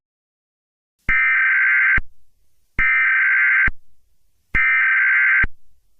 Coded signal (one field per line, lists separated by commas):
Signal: Emergency Alert System (SAME) tones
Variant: header bursts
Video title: eas scenario catemojibabyheat part 9 84 years my in july 3 2023